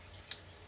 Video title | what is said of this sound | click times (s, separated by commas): Danner AP20 pond pump rebuild | and again just pull it through until it snaps | 0.3 s